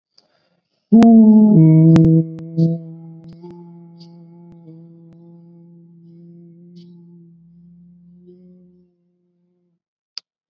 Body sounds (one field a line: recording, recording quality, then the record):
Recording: sustained vowel as in boot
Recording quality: excellent, no background noise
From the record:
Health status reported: COVID-19 positive, mild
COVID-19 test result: positive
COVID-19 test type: rapid antigen test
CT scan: not taken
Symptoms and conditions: cough, sore throat, fever, fatigue, muscle pain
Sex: male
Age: 30 years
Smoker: yes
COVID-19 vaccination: both doses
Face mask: worn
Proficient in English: yes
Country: India